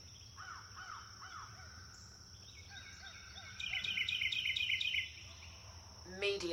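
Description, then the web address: Birds calling: arched down-slurred whistles, a run of softer repeated notes, then a burst of rapid high twittering; a brief rougher sound at the end over low background hum. Forest birds chirping. "sound-effects-bible Forest Birds Chirp"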